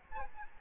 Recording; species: mosquito wingbeat signal from an infrared sensor; Aedes albopictus